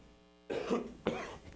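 Two short, harsh coughs about half a second apart from an adult man during a live radio broadcast, over a quiet room background.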